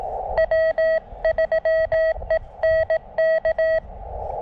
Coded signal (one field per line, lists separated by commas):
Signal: Morse code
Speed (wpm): 18 wpm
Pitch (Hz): 1950 Hz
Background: none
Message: W3ENK